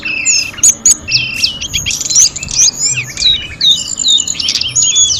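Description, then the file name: Sunda robin song: several birds overlapping in a dense, rapid chorus of high whistled and chirping phrases, with sweeping notes and sharp ticks throughout. Five birds singing together. "audio-gathering-5-ekor-tledekan"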